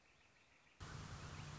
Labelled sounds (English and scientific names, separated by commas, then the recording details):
Northern Flicker (Colaptes auratus)
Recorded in Sonoma County, California